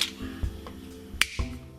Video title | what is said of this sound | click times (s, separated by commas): 35+ 3 INGREDIENT HOMEMADE RECIPES SO EASY YOU'LL AMAZE YOUR FRIENDS | these just click into place. | 1.2 s